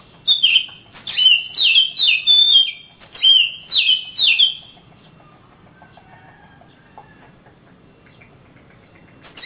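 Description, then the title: Oriental magpie-robin pouring out a string of bright, falling whistles for about four seconds, then near silence with faint soft notes. Kacer, described as a champion master singer from Kalimantan and Sumatra, singing energetically (gacor). "Kicau Kacer Juara Master Kalimantan Sumatra Gacor"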